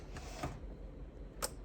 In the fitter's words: There it goes. I heard the click.